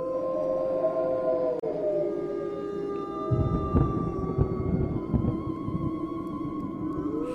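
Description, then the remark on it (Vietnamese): Long, drawn-out wolf howls overlap in wavering tones that slowly slide downward, sustained for several seconds over a low, rumbling background noise that grows rougher midway through. “Chợt nghe những tiếng chó sói tru lên liên hồi.”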